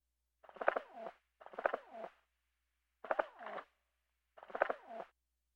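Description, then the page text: Rock dove cooing, four rough, throaty phrases each under a second long, with pauses of about a quarter second to under a second between them. "Rock Dove. Quick Sounds"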